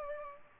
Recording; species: mosquito wingbeat signal from an infrared sensor; Culex pipiens